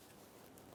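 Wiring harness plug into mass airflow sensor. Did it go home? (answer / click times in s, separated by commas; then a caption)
no / none. A wiring harness plug is handled and pushed toward the mass airflow sensor on a 2001-2005 Ford Explorer Sport Trac, with faint handling noise and two brief soft ticks near 0.6 and 0.8 seconds. The connector has not seated or clicked yet; the clip ends just before it goes home.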